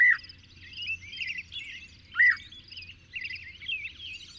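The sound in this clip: Bird call: two loud, clear arched whistled notes about two seconds apart over soft warbling chirps.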